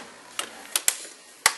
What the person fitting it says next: you can just hear it click faintly as you go around the edges